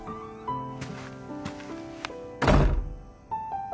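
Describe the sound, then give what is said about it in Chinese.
A hotel room door, opened with a key card, closes with a single heavy, muffled thunk partway through, set against soft, sustained background music with steady held tones. “他转身走向房间，刷卡开门。”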